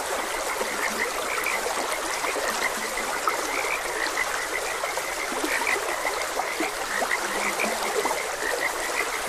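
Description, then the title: Frogs croak in a steady, crowded chorus of overlapping pulses, with the rush and trickle of a stream throughout. Frogs croaking beside a gentle stream; ambient nature sounds. "Gentle Stream and Frogs Croaking - Calming Sounds of Nature"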